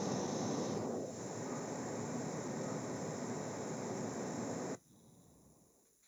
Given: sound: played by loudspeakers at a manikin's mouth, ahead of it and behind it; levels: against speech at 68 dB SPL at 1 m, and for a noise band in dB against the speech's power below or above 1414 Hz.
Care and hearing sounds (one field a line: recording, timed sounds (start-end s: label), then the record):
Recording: test signals for a remote microphone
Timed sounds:
0.00-4.75 s: speech-spectrum noise from the mouth, turned 45 degrees right
From the record:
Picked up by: remote microphone A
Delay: 47 ms